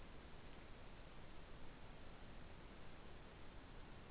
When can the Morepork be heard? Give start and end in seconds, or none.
none